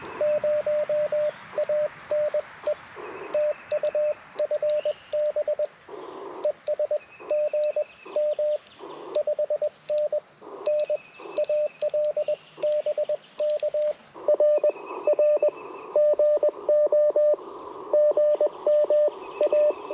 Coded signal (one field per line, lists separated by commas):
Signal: Morse code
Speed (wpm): 21 wpm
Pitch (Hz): 600 Hz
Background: radio noise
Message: 0 AN E TU FB ES GM 5NN AL BK RR GO GM A